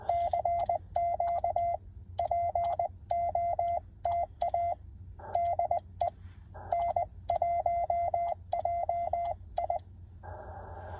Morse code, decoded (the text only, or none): CQ POTA DE N1JI